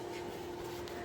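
A hood gas strut on a Lexus RX450 / RX350 has its socket end pushed onto the ball-stud mount on the car's hood/body. Over a steady low hum, a short, sharp snap at 0.9 s marks the socket popping into place, and the strut end is seated.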